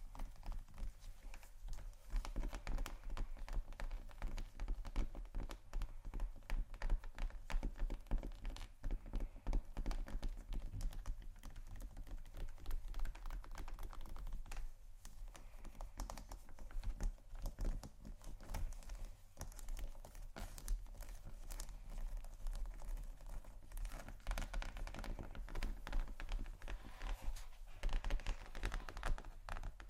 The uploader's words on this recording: ASMR Tapping & Scratching Luxury Leather Bags（No Talking）.